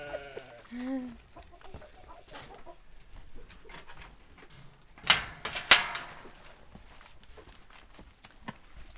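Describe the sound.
A voice imitates a pig with a short low grunt, then two harsh, noisy snorting bursts a little later, over a faint, scrappy background.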